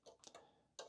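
A SATA data cable connector is pushed into the data port of an SSD in a 17-year-old PC. A few faint ticks come before it clicks in and seats firmly at 0.8 s.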